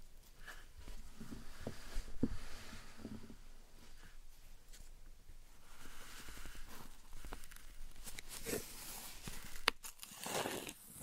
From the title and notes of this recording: ASMR Satisfying Slime Sand Triggers for Sleep (No Talking).